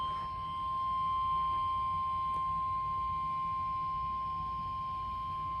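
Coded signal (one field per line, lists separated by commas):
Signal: Emergency Alert System (SAME) tones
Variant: 1050 Hz attention tone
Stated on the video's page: Compilation of severe thunderstorm warning EAS alerts.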